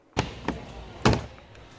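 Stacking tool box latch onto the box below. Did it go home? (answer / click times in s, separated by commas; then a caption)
yes / 1.1 s. A DeWalt plastic modular tool box is lifted and stacked onto another box, then its latch is locked onto the box below. Two hard knocks come at about 0.2 s and 0.5 s, followed by a loud, sharp snap at 1.1 s as the latch seats and locks closed.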